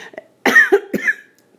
Coughing.